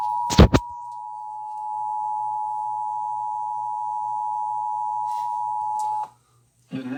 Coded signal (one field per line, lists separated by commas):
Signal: Emergency Alert System (SAME) tones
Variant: 853 and 960 Hz attention tone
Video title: EAS Test during Whirl: Ada & Friends, Retro News: A Blast from the Past & VeggieTales: Apr. 25, 2023